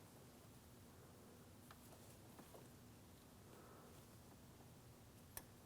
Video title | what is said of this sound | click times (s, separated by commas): How to Replace Power Steering Pump 2003-2008 Toyota Matrix | Audible click there. | 5.4 s